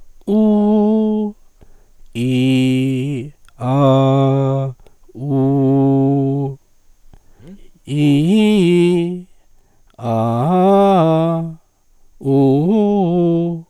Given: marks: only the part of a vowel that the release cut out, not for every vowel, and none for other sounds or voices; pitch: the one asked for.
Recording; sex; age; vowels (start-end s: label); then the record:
sustained vowels; male; 60 to 69 years
0.37-1.12 s: vowel /u/, high pitch
2.27-3.15 s: vowel /i/, low pitch
3.77-4.55 s: vowel /a/, low pitch
5.41-6.31 s: vowel /u/, low pitch
7.98-9.04 s: vowel /i/, low-high-low pitch
10.15-11.33 s: vowel /a/, low-high-low pitch
12.34-13.42 s: vowel /u/, low-high-low pitch
From the record:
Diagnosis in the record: contact pachydermia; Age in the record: 68 years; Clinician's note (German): Verdacht auf Kontaktpachydermie, etwas atypisch, hinteres Drittel verlängerte Schlußphase